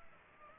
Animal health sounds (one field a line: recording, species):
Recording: mosquito wingbeat signal from an infrared sensor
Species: Culex pipiens